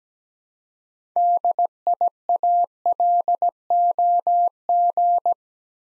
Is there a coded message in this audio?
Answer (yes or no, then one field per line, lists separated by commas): yes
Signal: Morse code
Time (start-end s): 1.2-5.3 s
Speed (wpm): 17 wpm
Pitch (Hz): 700 Hz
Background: none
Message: DIALOG